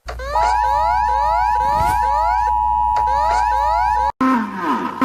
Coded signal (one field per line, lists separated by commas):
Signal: Emergency Alert System (SAME) tones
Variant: 853 and 960 Hz attention tone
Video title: EAS Alarms Compilation